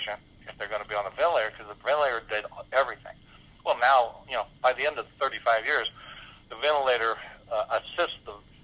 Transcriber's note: none